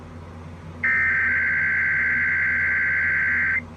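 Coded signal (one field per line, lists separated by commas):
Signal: Emergency Alert System (SAME) tones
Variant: header bursts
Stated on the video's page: Monthly EAS tests recorded off FM radio and TV stations in the San Francisco and Sacramento areas, early morning.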